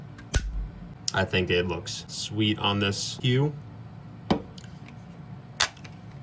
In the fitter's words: You're going to hear the wrench click, and that's when it reaches that 30 inb.